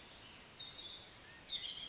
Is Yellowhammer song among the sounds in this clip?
no